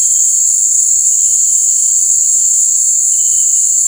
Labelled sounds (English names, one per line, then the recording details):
none
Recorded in dense forest near Puerto Asís, Putumayo, Colombia, on 19 March 2025 at 18:00
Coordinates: 0.485, -76.318
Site G056